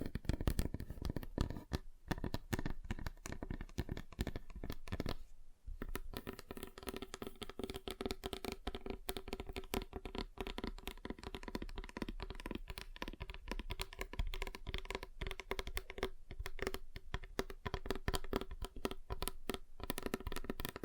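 Fingers tap rapidly on a table in dense, uneven flurries that run almost without pause for the whole length. The taps have a clicky, hollow knock with a steady low ring beneath them, and brief gaps break the rhythm around five and sixteen seconds.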